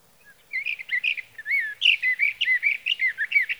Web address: birdsongforthecurious Sage Thrasher